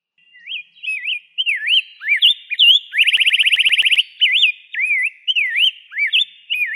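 Rose-breasted grosbeak delivering continuous sweet warbling, looping whistled notes broken midway by a quick buzzy trill lasting about a second.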